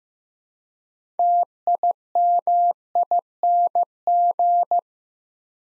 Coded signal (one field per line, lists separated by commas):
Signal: Morse code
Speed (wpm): 15 wpm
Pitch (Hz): 700 Hz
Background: none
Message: TIMING